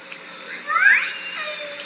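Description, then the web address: Killer whale call: a squealing, nasal tone sweeping upward then bending, with a fainter lower whine trailing off near the end. Southern Resident killer whales, recorded at Lime Kiln in June. "Orca Calls Lime Kiln"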